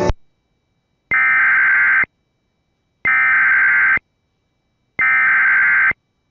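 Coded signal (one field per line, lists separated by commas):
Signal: Emergency Alert System (SAME) tones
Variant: header bursts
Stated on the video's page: Flash flood emergency EAS alert for Jefferson, TX.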